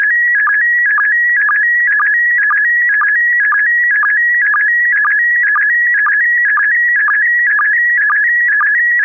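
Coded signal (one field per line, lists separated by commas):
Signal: SSTV (slow-scan television)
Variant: PD 120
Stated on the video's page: SSTV images sent during a weekly amateur SSTV net on an FM repeater at 441.300 MHz, using MMSSTV software.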